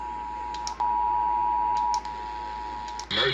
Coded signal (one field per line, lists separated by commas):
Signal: Emergency Alert System (SAME) tones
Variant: 853 and 960 Hz attention tone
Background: speech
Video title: 2021 EAS National Periodic Test (August 11, 2021)